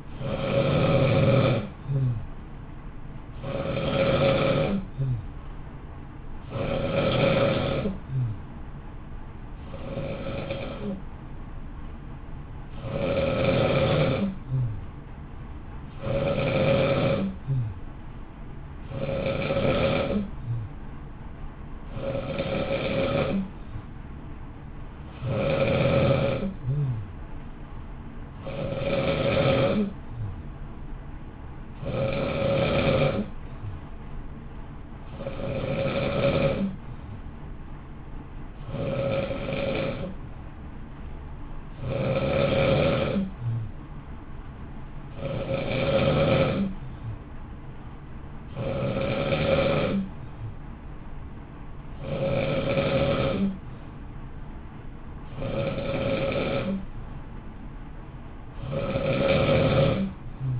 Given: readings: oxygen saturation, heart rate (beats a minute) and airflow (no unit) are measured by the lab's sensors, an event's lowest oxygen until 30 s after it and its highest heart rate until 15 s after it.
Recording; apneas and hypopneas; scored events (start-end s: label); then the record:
breathing in sleep by a smartphone at the bedside; none
21.00-60.60 s: new sleep stage, N2 (light sleep)
From the record:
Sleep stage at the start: N1 (lightest sleep); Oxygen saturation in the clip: 89 to 92%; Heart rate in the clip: 55 to 60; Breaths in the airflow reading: 25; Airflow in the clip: -0.8 to 0.7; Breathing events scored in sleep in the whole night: 328 in 6.3 hours asleep